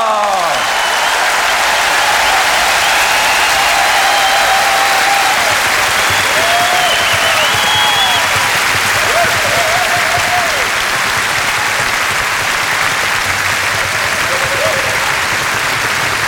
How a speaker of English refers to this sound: Give them an enormous applause, the world famous …!